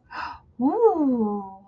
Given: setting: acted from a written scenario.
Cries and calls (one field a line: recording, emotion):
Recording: vocal sound without words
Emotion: positive surprise